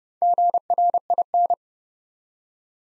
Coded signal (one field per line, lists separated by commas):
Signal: Morse code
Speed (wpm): 29 wpm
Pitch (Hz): 700 Hz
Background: none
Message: GRIN